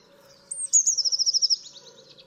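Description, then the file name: Eurasian blue tit singing a high, thin introductory note and then a quick, tinkling trill that gradually trails off, against a faint low hum. "MODRASZKA"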